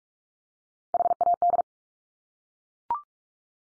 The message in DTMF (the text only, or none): none